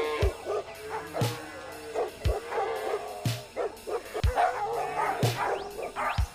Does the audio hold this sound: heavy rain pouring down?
no